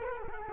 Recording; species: mosquito wingbeat signal from an infrared sensor; Culex quinquefasciatus